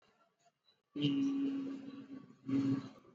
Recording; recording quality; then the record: sustained vowel as in beet; moderate, slight background noise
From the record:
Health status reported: exposed to COVID-19, no respiratory illness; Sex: male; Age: 22 years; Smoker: no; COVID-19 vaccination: both doses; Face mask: not worn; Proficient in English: yes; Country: India